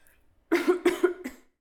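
Three short, voiced cough bursts in quick succession from an adult, a brief coughing fit.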